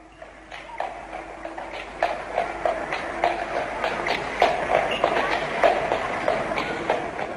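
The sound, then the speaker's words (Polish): A horse-drawn tram rolls along rails, a steady run of sharp hoof clops over a continuous clattering, rumbling wheel noise that grows slightly louder after the first couple of seconds. “Koń, jeżeli ciągnie jakiś duży wóz, to dużo łatwiej mu się ciągnie ten wóz po szynach niż po bruku.”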